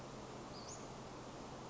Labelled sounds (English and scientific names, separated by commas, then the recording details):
Western Flycatcher (Empidonax difficilis)
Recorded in Sonoma County, California